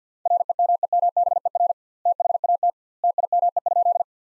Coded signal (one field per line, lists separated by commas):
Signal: Morse code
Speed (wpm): 50 wpm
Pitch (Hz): 700 Hz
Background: none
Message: REMEMBER THAT TIME?